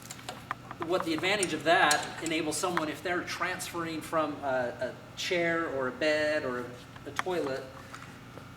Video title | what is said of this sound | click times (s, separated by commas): Wheelchairs | slips in the slot in the back, and then you just push it down and it locks into place. | 0.5 s